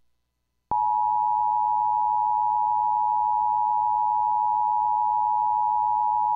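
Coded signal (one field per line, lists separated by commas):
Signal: Emergency Alert System (SAME) tones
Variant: 853 and 960 Hz attention tone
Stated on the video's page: Tornado watch SAME header broadcast over NOAA Weather Radio for North Florida and South Georgia, shown with WeatherSTAR 4000.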